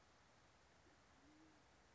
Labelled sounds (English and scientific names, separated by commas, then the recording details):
Band-tailed Pigeon (Patagioenas fasciata)
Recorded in Sonoma County, California